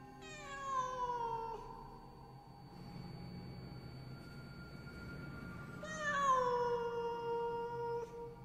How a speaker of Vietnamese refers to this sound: bỗng nhiên trong bụi rậm, nơi có con vật mà nãy giờ tôi vẫn cứ nghĩ là con mèo, bỗng nhiên phát ra những tiếng gừ gừ. Sau đó, nó lại kêu lên.